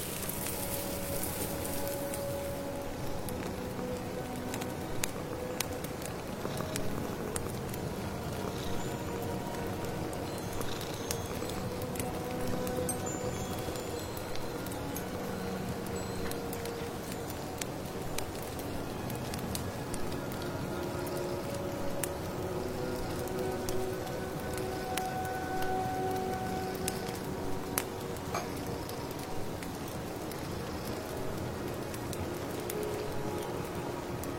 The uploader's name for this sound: stir your magic amulet soup, accompanied by birdsong, firewood, rustling rain